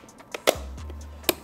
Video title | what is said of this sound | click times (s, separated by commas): WE MODIFIED AN M140i WITHOUT THE OWNERS CONSENT! + NEW PRODUCTS | Just want to make sure you get it all clipped in nicely. | 0.3 s, 0.5 s, 1.3 s